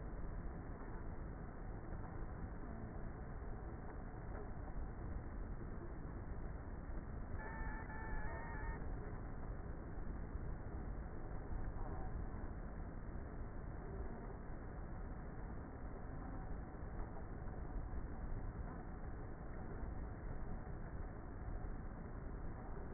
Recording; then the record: honeybee colony, microphone inside the hive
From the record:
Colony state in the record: queenless with a low population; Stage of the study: before two queens were removed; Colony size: about 30,000 bees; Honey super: no